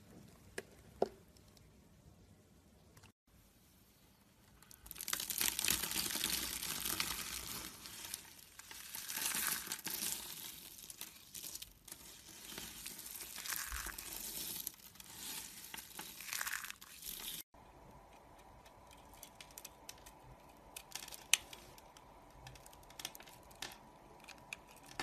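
Soap being carved: after a quiet opening with faint ticks, a dense, bright, crinkly scraping runs steadily from about five to seventeen seconds. It then cuts off, giving way to softer scratching with scattered sharp taps and one loud click near twenty-one seconds.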